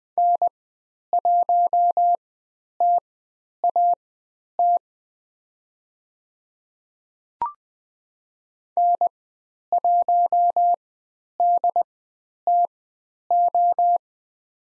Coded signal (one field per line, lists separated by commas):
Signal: Morse code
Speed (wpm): 20 wpm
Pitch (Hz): 700 Hz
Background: none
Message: N1TAT N1DTO